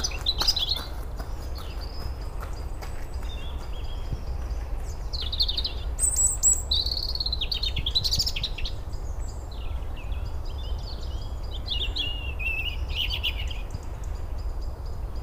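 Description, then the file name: European robin song of high, sweet whistled notes and twittering flourishes, delivered in short bursts separated by gaps, against a constant deep rumbling noise. "Erithacus rubecula"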